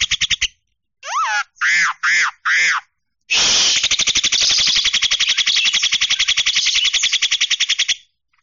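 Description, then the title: Javan myna with a sharp rattle, a whistled note and three short harsh bursts, then a long fast buzzing rattle lasting about five seconds. "Jalak Kebo"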